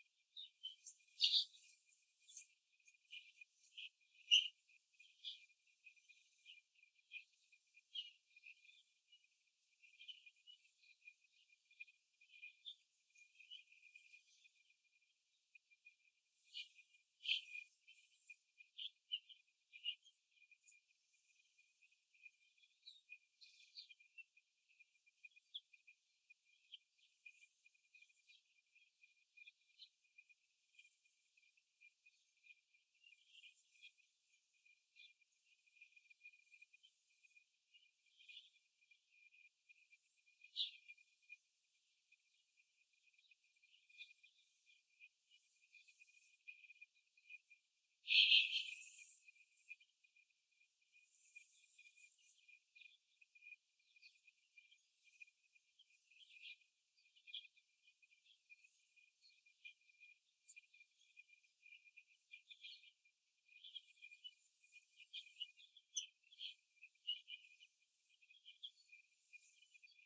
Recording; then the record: young laying hens in a cage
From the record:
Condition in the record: after the stressor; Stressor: simulated dog barking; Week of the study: 2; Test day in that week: 2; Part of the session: 3